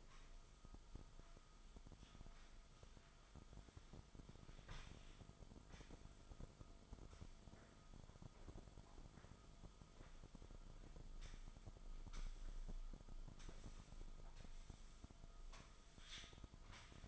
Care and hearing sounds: daily activity, microphone in the room; sweep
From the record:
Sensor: 5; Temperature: 24.0 degrees Celsius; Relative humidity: 36.6%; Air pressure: 1004.8 hPa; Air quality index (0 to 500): 95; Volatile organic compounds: 2 ppm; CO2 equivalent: 1146 ppm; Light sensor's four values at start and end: 34/80/32/31 and 34/80/32/31

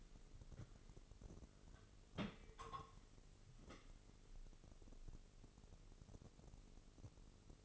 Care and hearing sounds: daily activity, microphone in the room; place on stove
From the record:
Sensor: 4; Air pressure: 996.2 hPa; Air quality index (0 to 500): 80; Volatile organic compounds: 3 ppm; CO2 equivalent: 1512 ppm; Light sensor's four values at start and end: 18/48/18/20 and 18/49/19/20

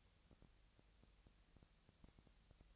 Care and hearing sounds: daily activity, microphone in the room; no activity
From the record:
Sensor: 3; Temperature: 20.6 degrees Celsius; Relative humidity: 35.7%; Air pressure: 998.7 hPa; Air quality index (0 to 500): 236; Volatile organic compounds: 72 ppm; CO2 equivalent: 3534 ppm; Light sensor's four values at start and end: 2/3/2/2 and 2/3/2/2

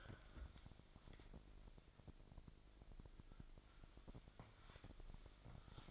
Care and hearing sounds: daily activity, microphone in the room; wipe stove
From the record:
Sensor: 5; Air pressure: 1001.7 hPa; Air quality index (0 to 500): 178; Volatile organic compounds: 11 ppm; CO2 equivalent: 2286 ppm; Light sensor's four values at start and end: 23/79/30/31 and 23/76/29/30

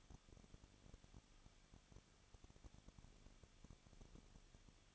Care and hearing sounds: daily activity, microphone in the room; no activity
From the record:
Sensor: 4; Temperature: 23.1 degrees Celsius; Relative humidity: 34.4%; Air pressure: 1007.2 hPa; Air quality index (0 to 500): 213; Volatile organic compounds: 14 ppm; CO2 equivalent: 2457 ppm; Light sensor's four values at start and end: 2/3/1/1 and 2/3/1/1

